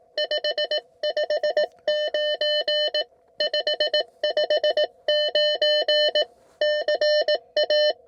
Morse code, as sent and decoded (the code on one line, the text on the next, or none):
..... ..... ----. / ..... ..... ----. / -.-. .-
559 559 CA